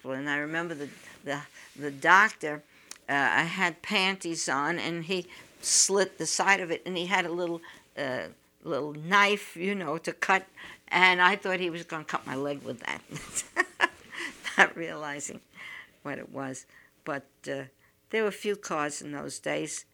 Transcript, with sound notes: And I remember the doctor, I had panties on, and he slit the side of it, and he had a little knife, you know, to cut, and I thought he was going to cut my leg with that. ( she laughs ) Not realizing what it was. But there were a few cars in those days.